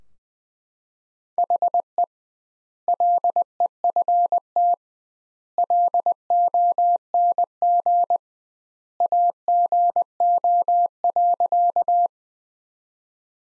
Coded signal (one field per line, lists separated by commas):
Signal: Morse code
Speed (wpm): 20 wpm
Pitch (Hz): 700 Hz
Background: none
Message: HE LEFT LONG AGO.